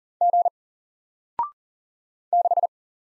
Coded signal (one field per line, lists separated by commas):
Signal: Morse code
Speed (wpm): 38 wpm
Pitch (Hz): 700 Hz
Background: none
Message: G 6